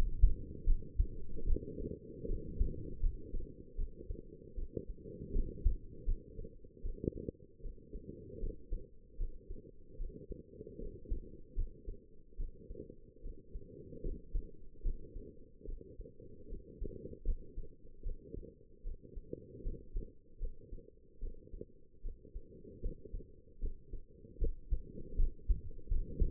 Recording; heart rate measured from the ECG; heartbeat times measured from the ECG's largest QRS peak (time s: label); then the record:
heart sounds by stethoscope; 76 bpm
0.64 s: heartbeat
1.44 s: heartbeat
2.26 s: heartbeat
3.00 s: heartbeat
3.75 s: heartbeat
4.55 s: heartbeat
5.32 s: heartbeat
6.05 s: heartbeat
6.82 s: heartbeat
7.61 s: heartbeat
8.39 s: heartbeat
9.17 s: heartbeat
9.97 s: heartbeat
10.78 s: heartbeat
11.55 s: heartbeat
12.36 s: heartbeat
13.21 s: heartbeat
14.02 s: heartbeat
14.82 s: heartbeat
15.65 s: heartbeat
16.48 s: heartbeat
17.24 s: heartbeat
18.03 s: heartbeat
18.83 s: heartbeat
19.62 s: heartbeat
20.39 s: heartbeat
21.19 s: heartbeat
22.02 s: heartbeat
22.81 s: heartbeat
23.59 s: heartbeat
24.38 s: heartbeat
25.16 s: heartbeat
25.88 s: heartbeat
From the record:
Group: healthy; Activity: breath hold 0-1 s, rest 1-26 s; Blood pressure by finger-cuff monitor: 104/69 mmHg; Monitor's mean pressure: 81 mmHg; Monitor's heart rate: 76 bpm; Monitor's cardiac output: 5.6 L/min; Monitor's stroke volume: 76 mL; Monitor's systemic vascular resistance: 1000 dyn s/cm5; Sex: female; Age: 22 years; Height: 160 cm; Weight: 45 kg